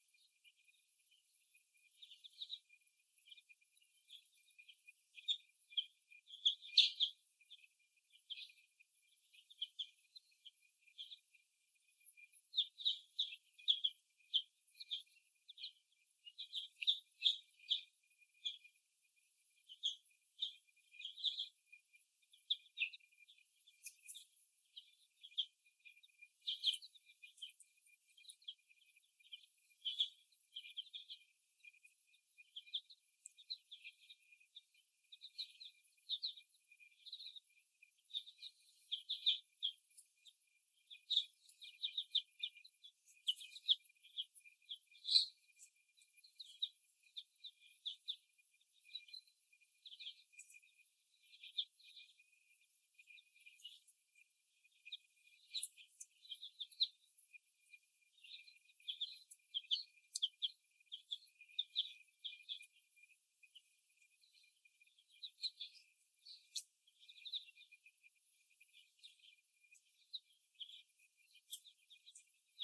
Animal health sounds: young laying hens in a cage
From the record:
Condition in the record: after the stressor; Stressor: simulated dog barking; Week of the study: 1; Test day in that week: 1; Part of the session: 3

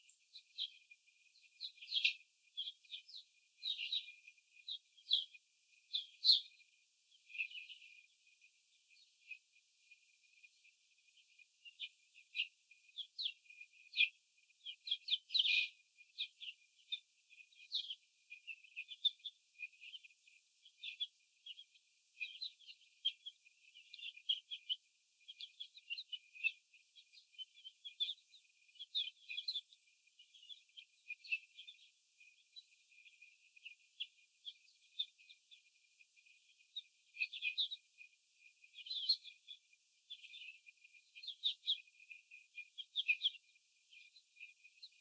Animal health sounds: young laying hens in a cage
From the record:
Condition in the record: after the stressor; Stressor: simulated dog barking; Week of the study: 4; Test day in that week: 3

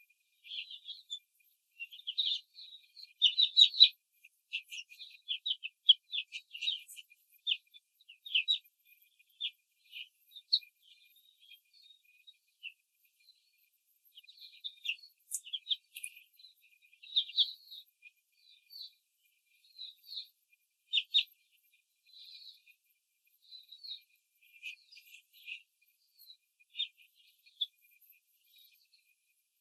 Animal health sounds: young laying hens in a cage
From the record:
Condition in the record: control cage, after the stress test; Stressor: none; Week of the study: 4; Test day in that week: 3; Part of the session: 1

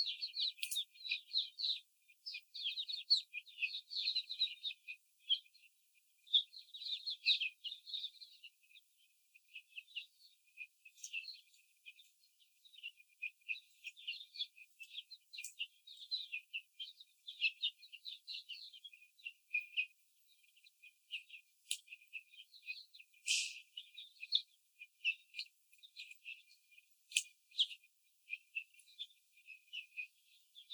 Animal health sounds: young laying hens in a cage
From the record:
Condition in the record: before the stressor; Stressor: simulated dog barking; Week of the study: 4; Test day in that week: 2

